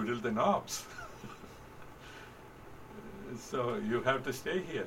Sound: laughter